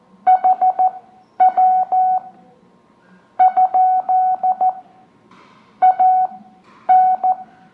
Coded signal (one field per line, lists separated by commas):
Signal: Morse code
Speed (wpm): 14 wpm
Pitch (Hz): 740 Hz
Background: none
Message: HW ? AN